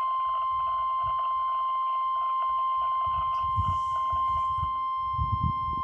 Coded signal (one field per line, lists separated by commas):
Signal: Emergency Alert System (SAME) tones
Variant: 1050 Hz attention tone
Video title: NWS RWT - WWF56 - EAS #11